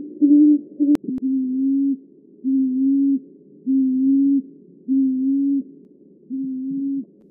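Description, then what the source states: Tawny frogmouth giving low humming oom notes, each under a second long, repeated steadily about every 1.2 seconds, with a couple of sharp clicks early on. Nocturnal garden bird recorded in Canberra, Australia.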